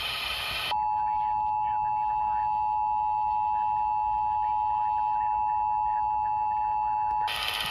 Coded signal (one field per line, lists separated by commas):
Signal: Emergency Alert System (SAME) tones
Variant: 853 and 960 Hz attention tone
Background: speech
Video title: Tornado drills, and sirens that don't go off. (3/7/23 - 3/8/23) (EAS #508 - 521)